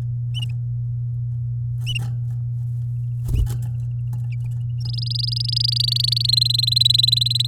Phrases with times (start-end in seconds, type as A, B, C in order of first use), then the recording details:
4.81-6.31 A, 6.32-7.47 B. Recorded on 9 May 2018 at 11:48. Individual llb16